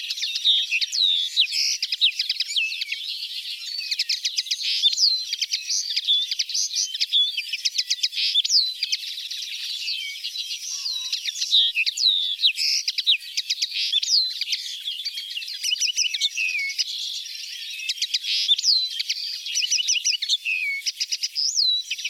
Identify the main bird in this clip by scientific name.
Linaria cannabina